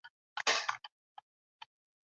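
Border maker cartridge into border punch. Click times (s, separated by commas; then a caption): 0.9 s. A new plastic zebra-pattern border maker cartridge is pushed into a border punch until it clicks. A faint tick is followed by a burst of sliding, scraping plastic from about 0.4 to 0.8 s, then a sharp click at 0.9 s as the cartridge seats. Two fainter ticks follow at 1.2 s and 1.6 s.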